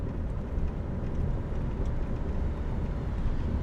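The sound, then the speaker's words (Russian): A steady, low rumble of a car engine and road noise holds at an even level throughout, with no voices and no clear moment of slowing down. “Останавливается, выходит из машины и подходит к Роману.”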